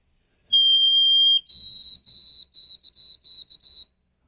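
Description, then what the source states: White-throated Sparrow song: one long pure whistle, then a slightly higher whistle breaking into a string of short repeated notes. Song rendered as 'Oh, sweet Canada, Canada'.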